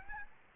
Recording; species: mosquito wingbeat signal from an infrared sensor; Aedes albopictus